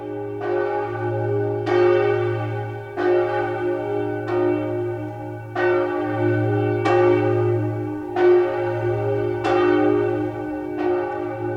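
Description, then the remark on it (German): The Kunigunde bell of the cathedral, a bell with a hole in its thick body that rings every Friday at 3 p.m., tolls repeatedly in a steady rhythm, each deep strike blooming into a rich, sustained hum that overlaps the next. No voices are present. “Jeden Freitag um 3 Uhr nachmittags erklingt vom Dom die Kunigundenglocke, deren dicker Leib ein Loch hat.”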